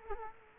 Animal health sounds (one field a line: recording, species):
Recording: mosquito wingbeat signal from an infrared sensor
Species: Culex quinquefasciatus